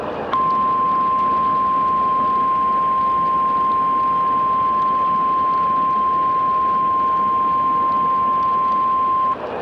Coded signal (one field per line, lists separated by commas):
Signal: Emergency Alert System (SAME) tones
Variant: 1050 Hz attention tone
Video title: (EAS Scenario) The San Diego Spectacular